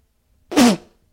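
A single abrupt, explosive sneeze from an adult man, lasting about a third of a second. It has a hissing blast of air with a brief low voiced tone that drops in pitch, then fades quickly. An ordinary adult sneeze, loud and rumbling, like a car muffler being blown out of an '88 Chevy, in a quiet room.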